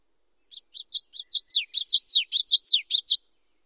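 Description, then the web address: Common yellowthroat song: a rapid run of high, slurred notes building in loudness, phrases repeating quickly over about three seconds, against a silent background. Western North America. "Know Your Bird Sounds Common Western Species. Common Yellowthroat"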